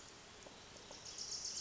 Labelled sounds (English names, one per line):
Wilson's Warbler